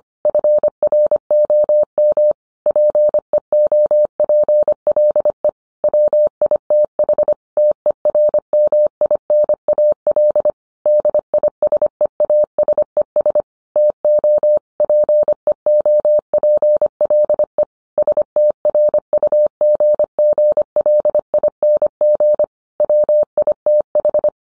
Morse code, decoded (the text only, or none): FROM PEOPLE WITH TERMINAL DISEASES TO PEOPLE STRUGGLING WITH